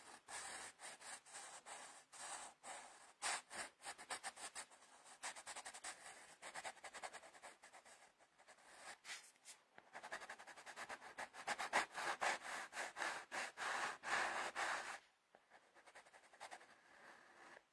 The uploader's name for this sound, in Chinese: 铅笔画画 沙沙沙